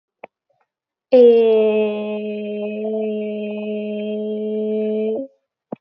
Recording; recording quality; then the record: sustained vowel as in made; excellent, no background noise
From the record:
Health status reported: healthy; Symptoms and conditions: none ticked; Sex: female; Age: 20 years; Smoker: not ticked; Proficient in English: yes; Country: India